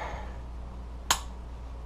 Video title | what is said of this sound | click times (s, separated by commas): Replacing the safety lever on a Mossberg 500 | into place snapped into place that's exactly what we wanted to see | 1.1 s